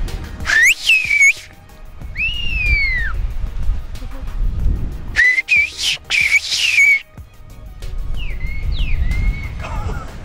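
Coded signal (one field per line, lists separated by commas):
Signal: whistled language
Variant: Turkish Kuş dili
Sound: loud gliding whistled phrases rising and falling in pitch, several separate bursts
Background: outdoor wind noise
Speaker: now he's calling for moses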